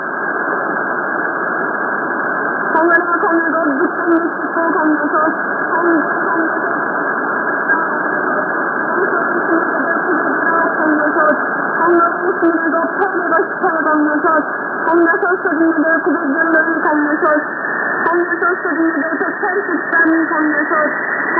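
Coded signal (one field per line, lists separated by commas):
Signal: numbers station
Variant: V28, Korean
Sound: a voice reading in Korean through narrow, noisy shortwave audio, speaking steadily throughout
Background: radio static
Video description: V28 North Korean Numbers Station aka "The Parrot" Frequency: 3277kHz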